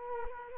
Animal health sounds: mosquito wingbeat signal from an infrared sensor; Culex quinquefasciatus

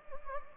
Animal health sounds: mosquito wingbeat signal from an infrared sensor; Anopheles gambiae

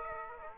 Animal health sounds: mosquito wingbeat signal from an infrared sensor; Aedes aegypti

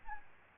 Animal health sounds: mosquito wingbeat signal from an infrared sensor; Aedes albopictus

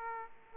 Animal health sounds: mosquito wingbeat signal from an infrared sensor; Aedes aegypti

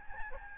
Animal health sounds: mosquito wingbeat signal from an infrared sensor; Aedes albopictus

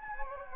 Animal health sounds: mosquito wingbeat signal from an infrared sensor; Anopheles gambiae

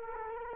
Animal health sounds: mosquito wingbeat signal from an infrared sensor; Culex quinquefasciatus

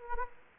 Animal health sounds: mosquito wingbeat signal from an infrared sensor; Anopheles gambiae

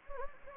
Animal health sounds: mosquito wingbeat signal from an infrared sensor; Anopheles gambiae

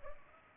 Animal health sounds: mosquito wingbeat signal from an infrared sensor; Culex pipiens

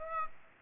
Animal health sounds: mosquito wingbeat signal from an infrared sensor; Aedes aegypti

